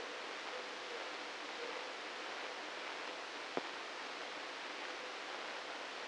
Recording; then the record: brain microelectrode recording played as sound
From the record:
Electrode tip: inside the subthalamic nucleus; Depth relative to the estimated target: -2 mm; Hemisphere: right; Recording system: NeuroSet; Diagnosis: Parkinson's disease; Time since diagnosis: 9 years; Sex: male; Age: 61 years